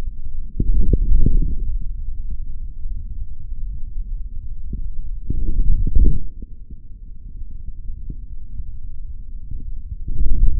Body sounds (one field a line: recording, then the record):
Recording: forearm muscle sounds (acoustic myography)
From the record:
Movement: forearm pronation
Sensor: system 3, bracelet of six PUI Audio POM-2738L microphones around the upper forearm, with dedicated amplification and filtering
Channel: 1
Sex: male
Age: 26 years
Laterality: right